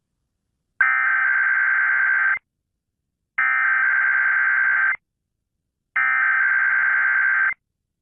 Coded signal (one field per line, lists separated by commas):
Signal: Emergency Alert System (SAME) tones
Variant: header bursts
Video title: KDKA EAS Test [EAS #530]